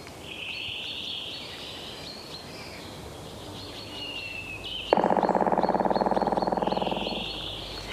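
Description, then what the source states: Black Woodpecker drumming: a single long, rapid drumroll of even strikes lasting over two seconds, with other birds singing and a steady hiss in the background. Drumming described as perhaps the most massive of all, long, 2.5–3 seconds; distance adds echo.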